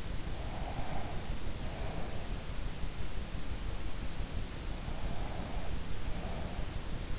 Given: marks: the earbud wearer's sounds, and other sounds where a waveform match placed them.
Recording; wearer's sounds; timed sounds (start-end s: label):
sounds in sleep by an in-ear microphone; breath
0.38-2.42 s: breath
4.80-7.19 s: breath